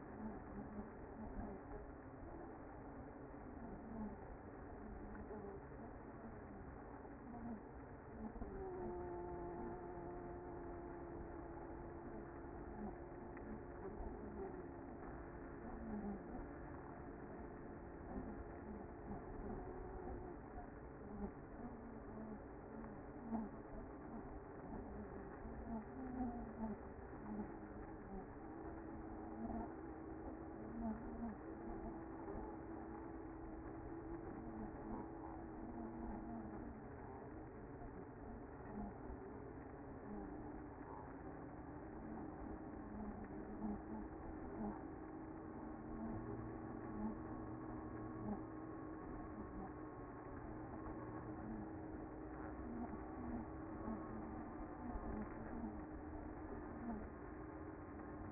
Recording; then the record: honeybee colony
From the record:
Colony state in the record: active